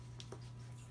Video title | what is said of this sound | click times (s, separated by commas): Unboxing review of Rubbermaid Easy Find Vented Lids Food Storage Containers | Snaps on. You hear that snap? | 0.2 s